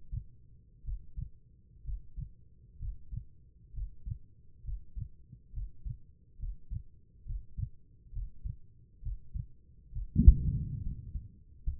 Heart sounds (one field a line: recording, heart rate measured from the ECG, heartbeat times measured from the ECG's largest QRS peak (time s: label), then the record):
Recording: heart sounds by stethoscope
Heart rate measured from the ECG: 67 bpm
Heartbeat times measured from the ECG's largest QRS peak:
0.83 s: heartbeat
1.84 s: heartbeat
2.78 s: heartbeat
3.73 s: heartbeat
4.63 s: heartbeat
5.52 s: heartbeat
6.38 s: heartbeat
7.25 s: heartbeat
8.12 s: heartbeat
9.02 s: heartbeat
9.91 s: heartbeat
10.81 s: heartbeat
11.64 s: heartbeat
From the record:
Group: healthy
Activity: breath hold 0-11 s, rest 11-12 s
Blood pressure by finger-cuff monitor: 85/59 mmHg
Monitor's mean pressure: 65 mmHg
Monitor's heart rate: 67 bpm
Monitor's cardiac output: 4.3 L/min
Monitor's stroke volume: 67 mL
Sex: female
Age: 36 years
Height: 163 cm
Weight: 88 kg